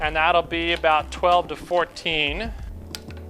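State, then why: Torque reached. Someone talks while tightening the number 1 bolt on a steel beadlock ring of an off-road aluminum wheel with a click-type torque wrench, set to about 12 to 14 ft-lb. A sharp click is heard at 2.9 s as the wrench reaches its setting, followed by a softer tick at 3.1 s.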